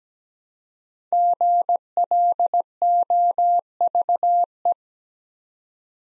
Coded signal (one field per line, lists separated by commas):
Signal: Morse code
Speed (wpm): 17 wpm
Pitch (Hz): 700 Hz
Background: none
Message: GLOVE